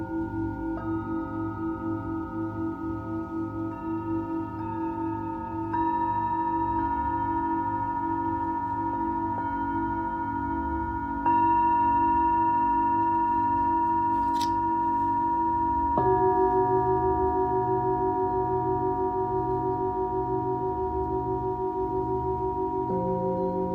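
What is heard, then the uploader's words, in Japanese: Singing bowls ring in a sound healing session, their long metallic tones layering and sustaining without fading. New strikes enter near 6, 11 and 16 seconds, each adding a fresh ringing pitch and a slight swell in loudness over a steady, gently pulsing low hum. シンギングボウルのサウンドヒーリングライブ。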